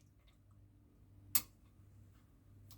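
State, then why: Seated. A small segment is pressed into its seat in the front-left suspension of a 1:8 scale Audi quattro model car, and it snaps into place with a sharp click at 1.4 s. A much fainter tick follows at 2.7 s over a quiet low hum, and the part is seated.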